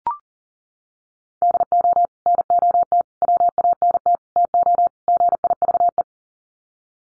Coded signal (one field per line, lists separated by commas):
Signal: Morse code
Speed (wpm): 40 wpm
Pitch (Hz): 700 Hz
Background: none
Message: DO NOT WANT TO GIVE